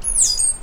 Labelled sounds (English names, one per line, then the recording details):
Stitchbird song
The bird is a male
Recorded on Tiritiri Matangi Island, New Zealand, in 2005
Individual 12, of nest box 16